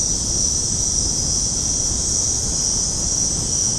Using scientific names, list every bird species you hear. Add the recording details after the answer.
none. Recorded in secondary vegetation near Puerto Asís, Putumayo, Colombia, on 21 February 2024 at 23:30. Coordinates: 0.489, -76.322. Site G6419